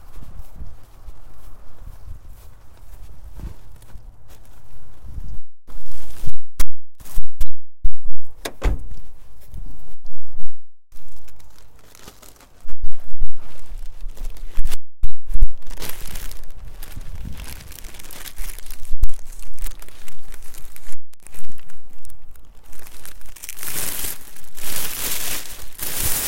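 A plastic bag rustles as dried daikon strips are gathered from a drying rack into it. Crinkly, uneven handling starts softly, then from about 5 to 15 seconds comes in loud bursts with short silent breaks, before settling into a denser, brighter rustle toward the end.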